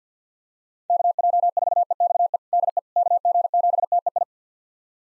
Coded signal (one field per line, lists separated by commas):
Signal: Morse code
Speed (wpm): 50 wpm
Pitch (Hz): 700 Hz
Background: none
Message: KJ4EXE DE KG7TEI